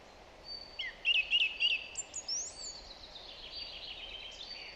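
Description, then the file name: Song thrush song: a short note repeated three times rapidly, then high thin whistles and a sliding note. "Zanglijster Turdus philomelos"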